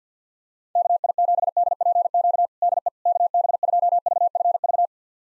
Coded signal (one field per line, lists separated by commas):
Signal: Morse code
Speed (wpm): 50 wpm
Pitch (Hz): 700 Hz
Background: none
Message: KI7DPQ DE KB2VFV